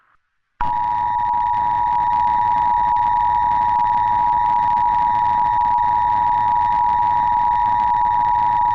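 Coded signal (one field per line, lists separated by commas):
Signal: Emergency Alert System (SAME) tones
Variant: 853 and 960 Hz attention tone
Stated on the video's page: A fictional EAS scenario, not a real alert.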